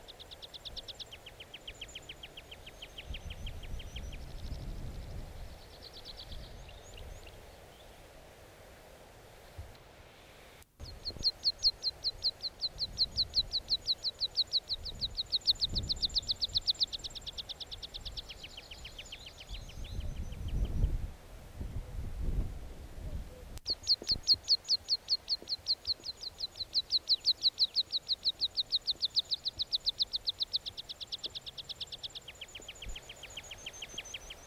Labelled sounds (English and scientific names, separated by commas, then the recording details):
Meadow Pipit (Anthus pratensis) song
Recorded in the wild
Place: Bruchberg, Niedersachsen, DE
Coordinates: 51.79, 10.5
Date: 1986-06-16
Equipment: Sony WM-D6C, Parabolscheibe
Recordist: Skiba, Reinald